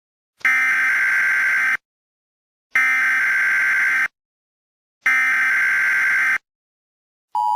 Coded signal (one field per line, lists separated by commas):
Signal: Emergency Alert System (SAME) tones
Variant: header bursts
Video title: EAS Scenario 2: Doppelgänger.